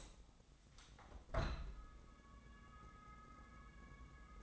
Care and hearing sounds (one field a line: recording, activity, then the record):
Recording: daily activity, microphone in the room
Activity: open window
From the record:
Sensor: 3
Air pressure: 1012.3 hPa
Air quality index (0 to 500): 138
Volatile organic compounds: 2 ppm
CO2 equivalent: 1072 ppm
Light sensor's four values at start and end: 283/691/287/283 and 278/678/282/279